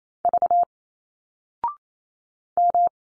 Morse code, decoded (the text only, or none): V M